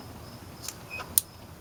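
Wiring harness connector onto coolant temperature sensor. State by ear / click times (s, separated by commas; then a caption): seated / 1.2 s. A wiring harness electrical connector is pushed back onto the engine coolant temperature sensor of a Volkswagen. A faint tick comes at 0.7 s, then a sharp, loud snap at 1.2 s as the connector clicks into place. It is seated and back on.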